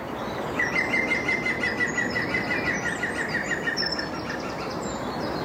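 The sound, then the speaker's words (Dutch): A green woodpecker, about 20 metres from a house, gives its laughing call, a quick, even run of about twenty ringing notes lasting around three seconds, over a steady hiss of outdoor noise with faint chirps of other birds. “Henny Radstaak hoort vanuit huis dagelijks de groene specht lachen”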